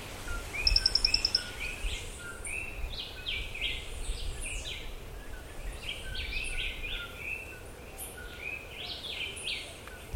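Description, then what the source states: Bird chorus of overlapping chirps and slurred notes, with a quick high rattling trill early on, all against steady low rumbling noise. Forest.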